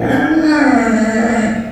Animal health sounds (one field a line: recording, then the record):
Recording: squeal of a Yucatan mini pig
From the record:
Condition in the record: after surgery on the right vocal fold (resection and tissue-engineered implant)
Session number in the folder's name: 3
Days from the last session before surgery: 21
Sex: female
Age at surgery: 19 weeks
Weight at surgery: 25 kg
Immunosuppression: prednisolone